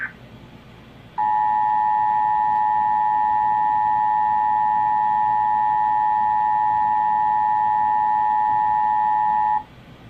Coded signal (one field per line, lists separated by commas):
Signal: Emergency Alert System (SAME) tones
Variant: 853 and 960 Hz attention tone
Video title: EAS: National Periodic Test: Wed 8.27.17 - 2:20 PM (2nd perspective)